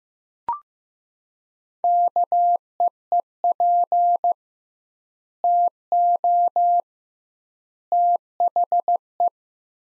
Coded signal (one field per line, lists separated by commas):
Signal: Morse code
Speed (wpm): 15 wpm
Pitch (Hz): 700 Hz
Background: none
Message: KEEP TO THE